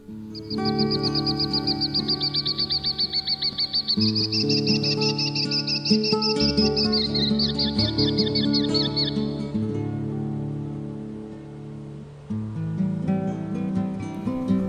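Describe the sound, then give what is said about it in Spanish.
A bird sings a fast, high-pitched trilling song of rapid repeated chirps over a steady low humming background, in a field recording mixed from two recorders, one placed near the bird. It falls silent about two-thirds of the way through while the hum continues. “luego cuando lo escuché decidí mezclar ambas grabaciones y tal, porque realmente en la grabación original sonaba muy bajito, pero es que como teníamos otra grabadora cerca del pájaro, he podido recuperarlo.”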